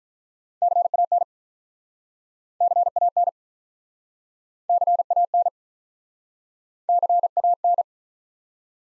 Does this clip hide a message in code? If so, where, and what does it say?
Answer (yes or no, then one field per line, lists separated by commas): yes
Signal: Morse code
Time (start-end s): 0.6-7.8 s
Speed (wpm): 47 wpm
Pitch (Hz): 700 Hz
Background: none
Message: CAN CAN CAN CAN